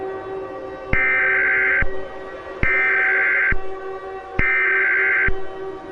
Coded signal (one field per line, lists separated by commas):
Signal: Emergency Alert System (SAME) tones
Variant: header bursts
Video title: EAS Scenario Special - Lamia Of Evil